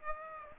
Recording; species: mosquito wingbeat signal from an infrared sensor; Aedes aegypti